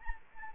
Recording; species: mosquito wingbeat signal from an infrared sensor; Anopheles arabiensis